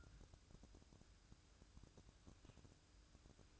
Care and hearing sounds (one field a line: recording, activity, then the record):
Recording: daily activity, microphone in the room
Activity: take from stove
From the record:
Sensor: 2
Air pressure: 1007.8 hPa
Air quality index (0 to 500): 102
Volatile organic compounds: 1 ppm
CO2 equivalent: 768 ppm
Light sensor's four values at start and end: 6/15/6/6 and 6/15/6/6